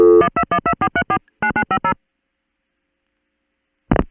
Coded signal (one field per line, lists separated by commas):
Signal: DTMF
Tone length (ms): 70 ms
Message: 12124349950